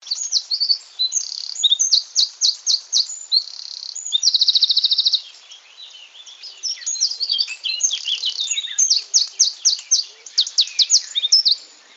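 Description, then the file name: Eurasian wren singing almost continuously: rapid, very high, sharp notes pouring out with a mechanical trill in the middle, brief dip, then more loud fast phrases. "Troglodytes troglodytes"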